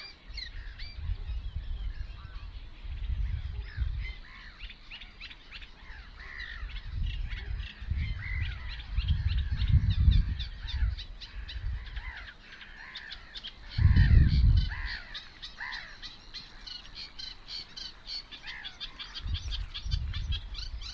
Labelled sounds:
Eurasian Reed Warbler (Acrocephalus scirpaceus) song

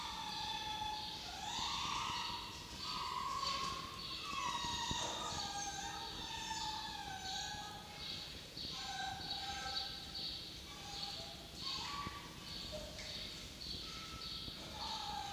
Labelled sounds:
Red Fox (Vulpes vulpes)

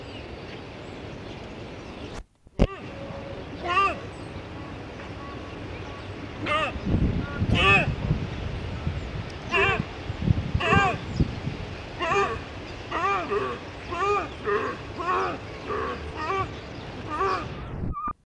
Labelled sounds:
Fallow Deer (Dama dama) call

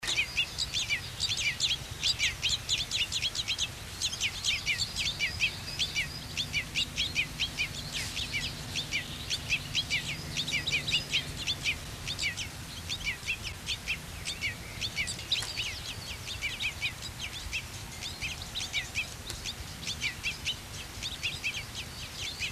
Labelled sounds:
Red Crossbill (Loxia curvirostra) song

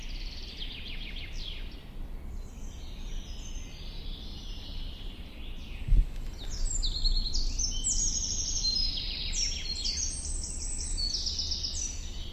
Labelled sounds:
Eurasian Wren (Troglodytes troglodytes) song

